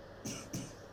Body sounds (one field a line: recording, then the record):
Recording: coughing mixed with background sound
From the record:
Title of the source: Spring Cold Coughing.